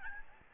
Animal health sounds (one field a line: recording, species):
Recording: mosquito wingbeat signal from an infrared sensor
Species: Aedes albopictus